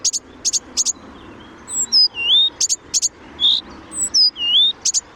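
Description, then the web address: Blyth's reed warbler song mixing repeated high dry clicks with sweet, slurred whistles. "chant didier collin rousserolle des buissons"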